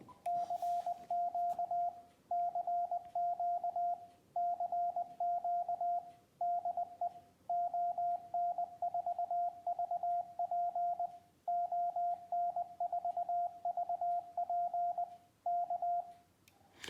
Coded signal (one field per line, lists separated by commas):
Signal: Morse code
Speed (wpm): 20 wpm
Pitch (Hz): 700 Hz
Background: radio noise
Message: CQ CQ CQ DE ON4VP ON4VP K